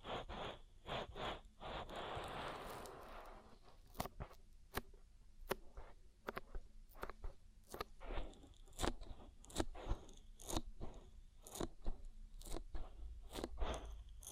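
Oily ear massage with slick, crackling rubbing and squelching right up against the microphone. From about two to three seconds a denser smear of friction swells, then the sound breaks into sharp, irregular clicks and pops, often several per second, over a soft low rumble.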